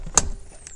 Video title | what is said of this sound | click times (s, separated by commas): A Close Look at the New, 2024 Honda Ridgeline TrailSport | locked in place and look at this fairly narrow but also tall and I think | 0.2 s